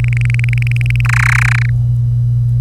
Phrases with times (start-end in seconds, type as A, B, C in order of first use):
0.00-1.01 A, 1.05-1.70 B